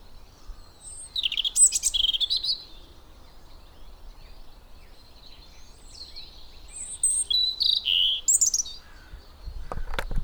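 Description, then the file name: European robin song: two high, thin warbling phrases of varied trills and whistles, about five seconds apart, with a quiet pause between and a sharp knock at the end. "Erithacus rubecula"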